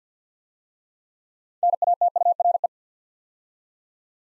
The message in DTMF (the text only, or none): none